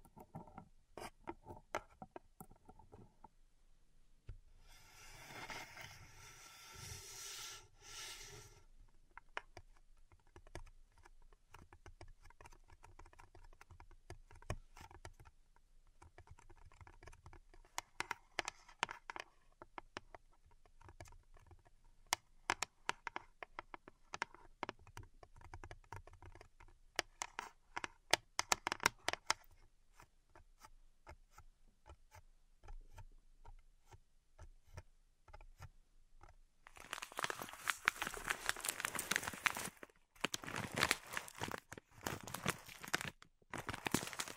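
Pink salt in a zen garden is worked by hand, with a steady stream of small crisp clicks, taps and scratches. Two denser, bright rushing bursts like grains pouring or being raked come around 5 to 8 seconds and again from 37 seconds to the end.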